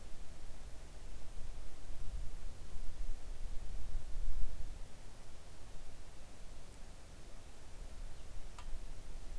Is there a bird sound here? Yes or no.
no